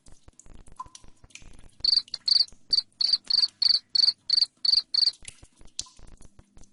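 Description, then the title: Cricket chirps start after about two seconds, a steady run of shrill pulses around three per second, then give way to soft clicks and hum. Loud cricket chirping said to make lovebirds sing continuously. "Suara JANGKRIK NGERIK Keras Bikin LOVEBIRD Jadi NGEKEK Terus Vubey"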